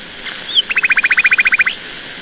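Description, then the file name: Nightingale song: a short whistle, then one loud rapid trill of many identical chirps, ending on a rising note. "Solovei"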